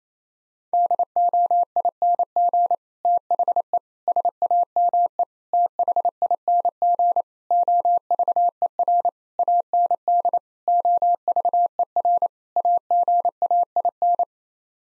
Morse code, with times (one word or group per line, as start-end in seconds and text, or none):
0.7-2.8 DOING
3.0-3.8 THE
4.1-5.2 SAME
5.5-7.2 THING
7.5-9.1 OVER
9.4-10.4 AND
10.7-12.3 OVER
12.6-14.2 AGAIN